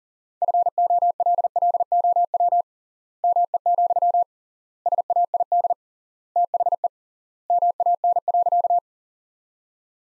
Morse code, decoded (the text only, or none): FOLLOW ME, SAID THE MAN.